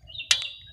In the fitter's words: click so that's that's the important part I'm